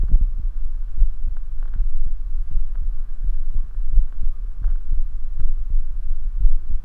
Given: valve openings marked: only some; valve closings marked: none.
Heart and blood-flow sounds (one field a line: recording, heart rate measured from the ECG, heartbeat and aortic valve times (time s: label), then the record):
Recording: heart sounds by stethoscope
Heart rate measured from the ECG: 76 bpm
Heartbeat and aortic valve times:
0.12 s: heartbeat (ECG mark)
0.99 s: heartbeat (ECG mark)
1.78 s: heartbeat (ECG mark)
1.82 s: aortic valve opens (echo mark)
2.53 s: heartbeat (ECG mark)
3.26 s: heartbeat (ECG mark)
3.31 s: aortic valve opens (echo mark)
3.95 s: heartbeat (ECG mark)
4.64 s: heartbeat (ECG mark)
4.69 s: aortic valve opens (echo mark)
5.42 s: heartbeat (ECG mark)
6.42 s: heartbeat (ECG mark)
From the record:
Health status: healthy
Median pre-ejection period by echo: 55 ms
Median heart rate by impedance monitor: 77 bpm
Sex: male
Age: 19 years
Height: 171 cm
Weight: 62 kg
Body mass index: 21.20